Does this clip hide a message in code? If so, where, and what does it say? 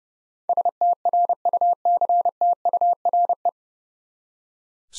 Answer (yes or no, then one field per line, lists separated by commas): yes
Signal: Morse code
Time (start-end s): 0.5-3.5 s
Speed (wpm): 30 wpm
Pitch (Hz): 700 Hz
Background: none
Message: STRUCTURE